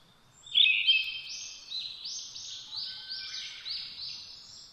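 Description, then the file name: Brown-headed thrush gives one loud whistled phrase near the start, then a softer run of repeated high notes. Recorded 17 June 2009 at 06:48. "akahara-20090617-0648"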